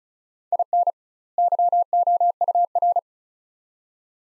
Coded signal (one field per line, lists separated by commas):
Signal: Morse code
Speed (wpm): 36 wpm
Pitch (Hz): 700 Hz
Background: none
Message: IN YOUR